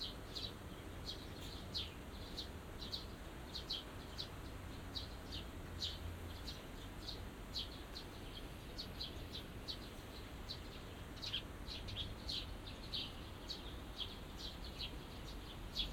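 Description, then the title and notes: Small birds twittering continuously with quick high chirps over a constant low background hum. Small birds singing in a small garden in a corner of Yushima Tenjin shrine, Tokyo, surrounded by buildings, recorded after rain; binaural recording. "小鳥のさえずり、雨上がりの庭園にて（Binaural）- Birds singing in the garden. 湯島天神の片隅にある小さな庭園で録音しました。"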